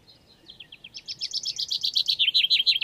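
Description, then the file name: Common chaffinch song: a high run of quick, downward-slurred notes that grows louder, finishing in a dense, emphatic flourish of sharp notes. "Fringilla coelebs"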